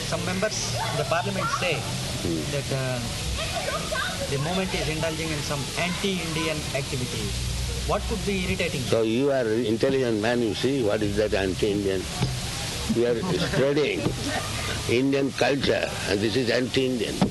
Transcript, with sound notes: Some members of the Parliament say the movement is involving in some anti-Indian activities. What could be irritating...? So you are intelligent man, you see what is that anti-Indian. [laughter] We are spreading Indian culture, and this is anti-Indian.